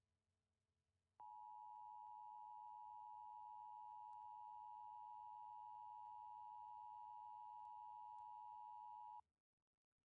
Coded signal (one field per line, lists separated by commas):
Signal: Emergency Alert System (SAME) tones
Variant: 853 and 960 Hz attention tone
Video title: California Severe Weather Outbreak An EAS Scenario Part One Initial round of storms